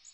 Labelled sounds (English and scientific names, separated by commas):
Magnolia Warbler (Setophaga magnolia) flight call